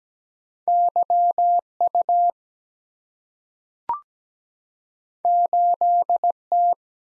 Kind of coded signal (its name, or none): Morse code